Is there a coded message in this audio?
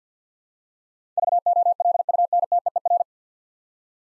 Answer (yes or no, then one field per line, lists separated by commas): yes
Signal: Morse code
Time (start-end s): 1.2-3.0 s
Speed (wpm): 50 wpm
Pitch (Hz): 700 Hz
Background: none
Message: VOLUNTEER